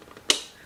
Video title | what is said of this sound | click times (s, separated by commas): VEVOR Aquarium Filter 225GPH, 2-Stage Canister Filter 55 Gallon, Ultra-Quiet Internal with UV L | locks into place. | 0.3 s